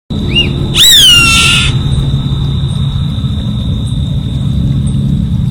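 Savanna hawk with one loud, hoarse, descending scream just after a small bird's brief chirp, backed by low rumble and an unbroken high-pitched whine.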